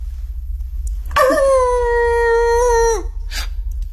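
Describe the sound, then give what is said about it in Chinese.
A single long wolf howl rises sharply, holds a steady pitch with rich harmonics for nearly two seconds, then slides down and fades, followed by a brief faint noise over a low rumble. “什么声音？ 好像是狼。”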